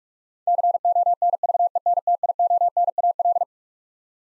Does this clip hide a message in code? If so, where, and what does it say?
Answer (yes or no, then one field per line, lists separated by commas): yes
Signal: Morse code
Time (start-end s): 0.5-3.4 s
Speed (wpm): 41 wpm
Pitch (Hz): 700 Hz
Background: none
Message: CONVENTIONAL